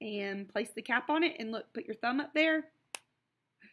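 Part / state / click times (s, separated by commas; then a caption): cap onto a glue stick / seated / 2.9 s. A teacher rolls a glue stick down and presses the plastic cap onto it with her thumb while someone talks. A sharp click at 2.9 s marks the cap seating, the sign that it is closed properly.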